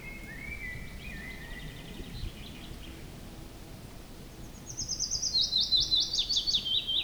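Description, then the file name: Willow warbler singing a clear descending cascade of soft whistled notes in the second half, after a fainter, lower twittering series at the start. "pajulintu"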